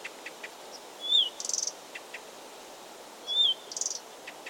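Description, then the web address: Blyth's reed warbler song: a slurred whistle followed by a brief buzzy rattle, the pair given twice in a few seconds, with soft ticking notes between. Recorded 16 June 2022. "fagelljud 20220616 busksangare"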